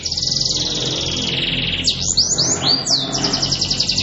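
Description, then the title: Atlantic canary song: rapid high trills and rolls, then several sweeping slurred notes, ending in a fast trill. Cengkok mewah song style. "Cengkok Kenari Mewah. Kenari cengkok mewah"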